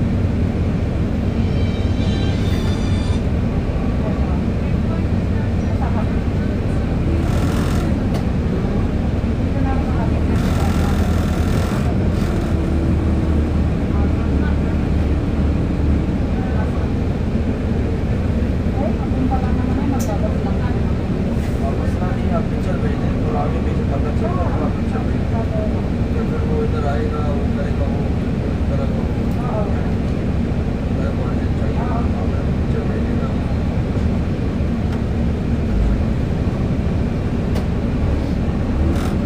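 A ride on the 22 bus through Dubai toward Deira City Centre, with a steady low engine rumble and road noise running the whole time. Voices murmur throughout, and brief brighter clicks and rattles come through around 8 and 11 seconds.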